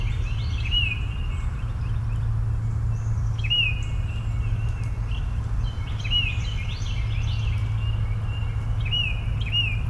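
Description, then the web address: Bird chorus: birds chirping and whistling in a chorus, phrases recurring above a continuous low drone. Morning chorus in a suburban park. "Suburban park morning bird chorus. boom library Urban and Suburban"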